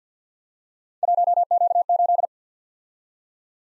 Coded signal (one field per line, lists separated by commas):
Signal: Morse code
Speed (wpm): 52 wpm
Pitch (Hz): 700 Hz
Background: none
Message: 1Q8